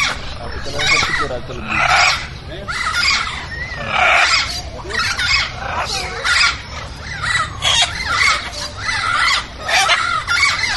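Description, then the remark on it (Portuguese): Caged birds and small mammals in the cages of the Passeio Público park make a noisy racket for the visitors, with loud, shrill calls and squawks repeating in quick, overlapping bursts almost without pause. “Ficaram as aves e pequenos mamíferos, que não economizam barulho dentro das gaiolas, fazendo uma festa para os visitantes.”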